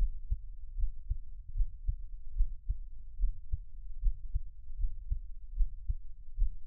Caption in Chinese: 台灣asmr。 獻上我的心跳 | Give my Heartbeat | NO Talking。